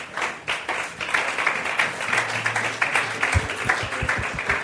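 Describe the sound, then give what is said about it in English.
A church audience in Vienna claps together for newlyweds in a dense, steady patter of many hands, fairly loud and continuous, with a few sharper individual claps standing out near the end. “Okay, enough clapping.”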